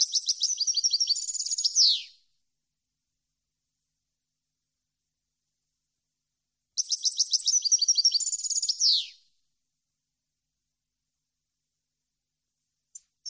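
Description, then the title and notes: European goldfinch repeating a rapid, high twittering phrase twice, each ending in a steeply dropping note, then two faint chips at the end. Clean goldfinch song compiled on a CD, meant to be copied. "Cd Jilguero. Cd de canto de jilguero limpio para copia"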